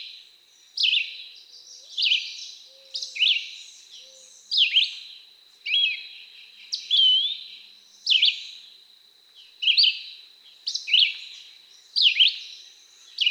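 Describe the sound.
Red-eyed Vireo repeating short, rising and falling whistled phrases tirelessly, about one each second, with a thin sustained whine underneath.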